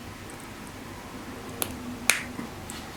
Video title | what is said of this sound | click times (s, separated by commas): How to Build a Mobius Actioncam Power Cable with Video Out | those two sets of blocking tabs Will Will just snap into place once I uh once I load this so | 1.6 s, 2.1 s